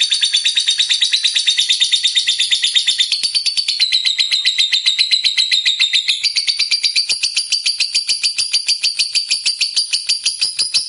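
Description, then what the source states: Lovebird giving a continuous high, rasping chatter of quick pulsed notes, shifting in pitch twice over about eleven seconds. Fighter-type lovebird described as gacor, meaning in full, frequent song.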